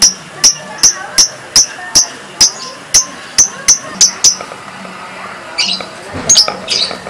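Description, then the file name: Lovebird with a string of sharp, high chirps at a steady pace, breaking off midway, then a few scratchier calls. National contest champion lovebird named Si Gempol. "Suara Lovebird Juara Lomba Nasional Si Gempol Juara"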